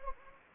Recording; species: mosquito wingbeat signal from an infrared sensor; Anopheles gambiae